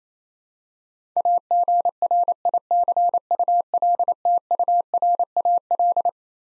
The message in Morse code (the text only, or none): AGRICULTURAL